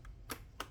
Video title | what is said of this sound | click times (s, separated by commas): Unboxing : ILM-902 Motorcycle Helmet, Chin Opening, Sun Visor, Streamlined, With Disassembly | it takes no effort and you have a click click so you have a double audible click tactile | 0.3 s, 0.6 s